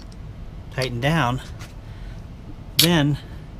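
A plastic LoaderTools Cincinnati Bengals Edition spent-primer catcher is handled after being clamped with a tightening screw onto the frame of an RCBS Rock Chucker Supreme reloading press. Someone talks over a quiet background with a faint tick near 0.1 s. Nothing has seated or clicked into place yet.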